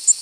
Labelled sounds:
Tennessee Warbler (Leiothlypis peregrina) flight call

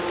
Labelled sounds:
Black-throated Green Warbler (Setophaga virens) flight call

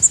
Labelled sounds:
Prairie Warbler (Setophaga discolor) flight call

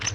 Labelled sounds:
Palm Warbler (Setophaga palmarum) flight call

